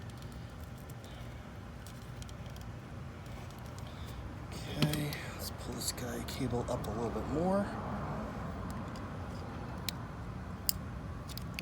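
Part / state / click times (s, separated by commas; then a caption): wire terminal pin into TIPM connector housing / seated / 10.7 s. On a 2013 Chrysler Town & Country whose front turn signals and hazard lights don't work while the rear lights do, a wire terminal pin is pushed further up its cable into its cavity in the plastic TIPM connector housing while someone talks. Several short, sharp clicks follow, the loudest at 10.7 s, when the terminal seats fully in the housing.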